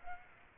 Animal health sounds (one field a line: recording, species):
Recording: mosquito wingbeat signal from an infrared sensor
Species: Aedes aegypti